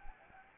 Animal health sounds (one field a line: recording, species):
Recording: mosquito wingbeat signal from an infrared sensor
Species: Anopheles arabiensis